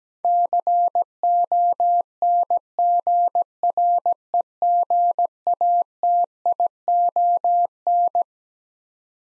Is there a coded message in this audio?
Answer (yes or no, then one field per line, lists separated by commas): yes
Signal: Morse code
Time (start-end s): 0.2-8.2 s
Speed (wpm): 17 wpm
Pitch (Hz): 700 Hz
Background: none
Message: CONGREGATION